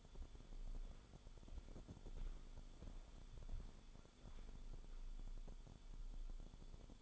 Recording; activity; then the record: daily activity, microphone in the room; walk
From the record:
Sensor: 5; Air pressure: 1015.4 hPa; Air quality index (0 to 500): 177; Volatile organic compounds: 6 ppm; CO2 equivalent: 1926 ppm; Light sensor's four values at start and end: 33/76/30/28 and 34/78/31/29